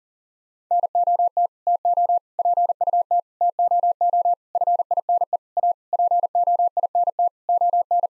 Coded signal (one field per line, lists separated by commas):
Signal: Morse code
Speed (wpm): 40 wpm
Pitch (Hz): 700 Hz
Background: none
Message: NOT TO PUT TOO FINE A POINT ON